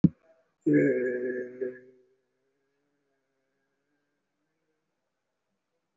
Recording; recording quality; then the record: sustained vowel as in made; excellent, no background noise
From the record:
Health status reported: respiratory illness, not identified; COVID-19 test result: not tested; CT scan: not taken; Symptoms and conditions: breathing difficulty, fatigue, muscle pain, chronic lung disease, pneumonia, diabetes, ischaemic heart disease, another condition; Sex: male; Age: 72 years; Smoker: yes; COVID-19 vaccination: none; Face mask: worn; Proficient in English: no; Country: India